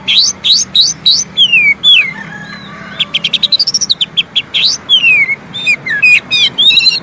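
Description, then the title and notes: Oriental magpie-robin song: rapid upslurred whistles, long descending slurs and a quick stuttering series of chips, continuing with little pause. Long-duration song for training kept birds to sing, day and night. "Kacer Jadi Gacor Siang Malam. Isian Kacer Durasi Panjang"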